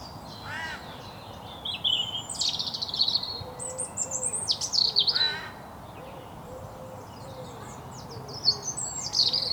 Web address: SETE data Erithacus rubecula